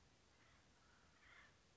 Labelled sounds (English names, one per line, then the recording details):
Acorn Woodpecker
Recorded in Sonoma County, California